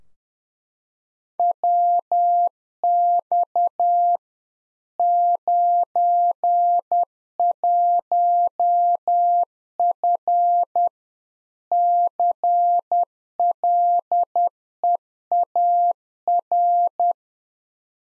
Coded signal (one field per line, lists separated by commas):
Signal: Morse code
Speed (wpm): 10 wpm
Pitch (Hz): 700 Hz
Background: none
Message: WX 91F CLEAR